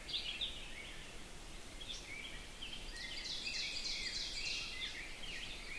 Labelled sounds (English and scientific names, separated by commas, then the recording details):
Ovenbird (Seiurus aurocapilla) song
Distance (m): 85 m
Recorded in boreal forest in Alberta, Canada, on 6 June 2016 at 05:14
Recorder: SongMeter 3, array SBT-3-51
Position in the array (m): 228 m, 7 m
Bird 27